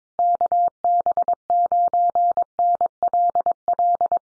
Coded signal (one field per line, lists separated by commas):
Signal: Morse code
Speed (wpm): 22 wpm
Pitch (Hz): 700 Hz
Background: none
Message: KB9NLL